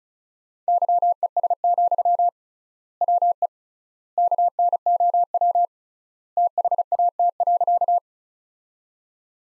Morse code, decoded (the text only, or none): YES, WE KNOW THAT.